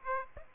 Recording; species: mosquito wingbeat signal from an infrared sensor; Aedes aegypti